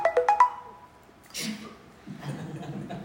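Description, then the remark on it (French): A notification chime from a computer left on rings out as four quick, bright ascending tones, then a breathy rush of noise and low chuckling or murmured voices follow. “Mais en même temps, sur l'autre bord, j'ai pas pensé de fermer mon ordinateur, j'ai fermé mon téléphone.”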